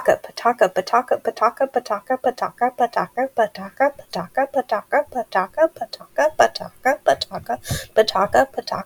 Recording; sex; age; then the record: repeated syllables /pa ta ka/; female; 20 to 29 years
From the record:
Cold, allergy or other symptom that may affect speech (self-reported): no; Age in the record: 29 years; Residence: Oregon, United States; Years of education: 16